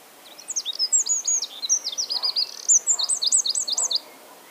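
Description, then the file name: Eurasian wren song: a rapid, high-pitched torrent of sharp notes and trills lasting about four seconds, with repeated chattering phrases. "Troglodytes troglodytes"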